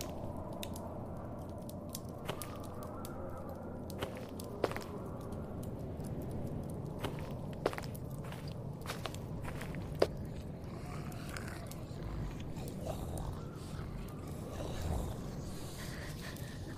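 A zombie ambience of wet chewing and biting: a dense, low, churning rumble runs throughout, broken by sharp crunchy snaps at irregular moments, notably near 2, 4.5, 7.5 and 10 seconds. The texture stays fairly even, with slightly shifting murmurs toward the end.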